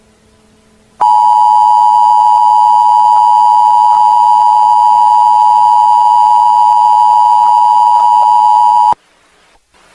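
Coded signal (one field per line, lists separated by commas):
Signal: Emergency Alert System (SAME) tones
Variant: 853 and 960 Hz attention tone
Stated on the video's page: Fake EAS tones in a fictional analog horror scenario.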